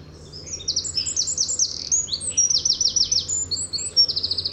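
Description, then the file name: Eurasian wren singing a rapid, high-pitched run of trills and chattering notes, several fast rattling phrases following one another without pause. "Troglodytes troglodytes"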